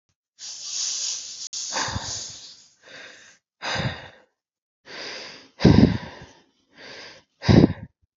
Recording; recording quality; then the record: shallow breathing; excellent, no background noise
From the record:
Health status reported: healthy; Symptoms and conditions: none ticked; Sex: male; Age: 40 years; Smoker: not ticked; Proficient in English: yes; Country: India